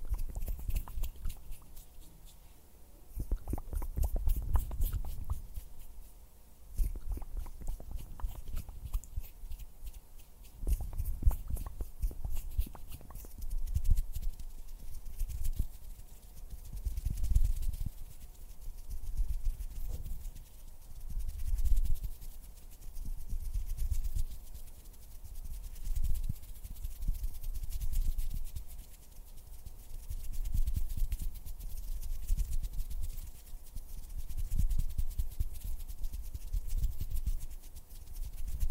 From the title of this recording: Hand sounds, finger fluttering, mouth sounds